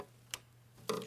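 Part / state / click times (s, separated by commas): torque wrench on an engine bolt, torqued to 25 Nm / torque reached / 0.3 s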